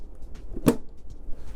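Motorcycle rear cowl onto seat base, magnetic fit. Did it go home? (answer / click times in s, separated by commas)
yes / 0.7 s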